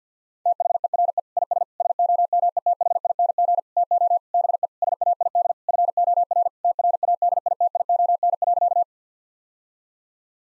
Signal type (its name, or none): Morse code